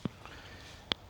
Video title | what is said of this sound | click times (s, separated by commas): K-EDGE Out Front Integrated Stem Mount! | Got nice little click here. | 0.9 s